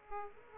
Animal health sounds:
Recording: mosquito wingbeat signal from an infrared sensor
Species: Aedes aegypti

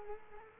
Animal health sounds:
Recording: mosquito wingbeat signal from an infrared sensor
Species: Culex quinquefasciatus

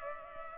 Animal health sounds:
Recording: mosquito wingbeat signal from an infrared sensor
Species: Culex pipiens

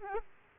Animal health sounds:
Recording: mosquito wingbeat signal from an infrared sensor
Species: Aedes aegypti

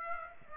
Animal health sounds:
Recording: mosquito wingbeat signal from an infrared sensor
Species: Aedes aegypti

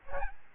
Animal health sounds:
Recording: mosquito wingbeat signal from an infrared sensor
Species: Aedes albopictus

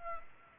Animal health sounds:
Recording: mosquito wingbeat signal from an infrared sensor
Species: Culex pipiens

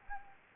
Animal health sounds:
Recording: mosquito wingbeat signal from an infrared sensor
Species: Anopheles gambiae

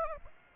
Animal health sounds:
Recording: mosquito wingbeat signal from an infrared sensor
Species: Aedes aegypti

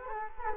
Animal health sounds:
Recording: mosquito wingbeat signal from an infrared sensor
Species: Culex quinquefasciatus

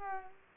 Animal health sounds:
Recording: mosquito wingbeat signal from an infrared sensor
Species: Culex pipiens

